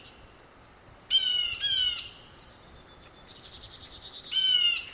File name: blue jay. by russ wigh